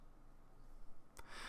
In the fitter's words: you will notice that when I do open this up the right hand side did not snap all the way in it's